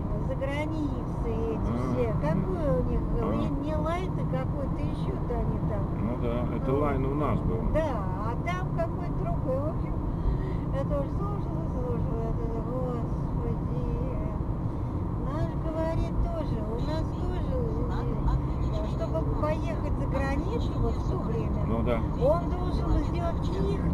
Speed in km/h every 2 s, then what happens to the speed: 43, 43, 44, 44, 45, 46, 45, 46, 48, 50, 51, 52.
0-12 steady at about 44. 12-24 speeds up to 52.